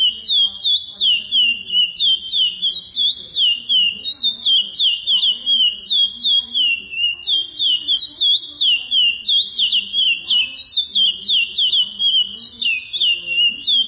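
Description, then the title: Chestnut-bellied seed finch song, a sustained fast series of bright whistled notes gliding up and down, about three per second, with faint low background sounds. "Canto De Curio"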